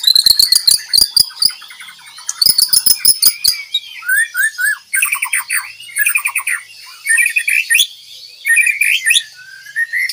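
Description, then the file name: White-rumped shama song, a dense run of rapid clicking notes, then high chattering trills and short whistled phrases in quick succession. Aceh type white-rumped shama, described as clear-voiced, singing continuously with a fast, tightly packed song style (speed rapat). "Suara Jernih murai aceh gacor speed rapat"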